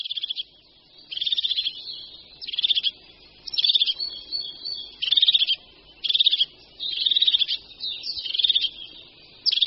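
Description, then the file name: Crested tit giving a series of high, buzzy, stuttering trills. "Sýkora-parukářka"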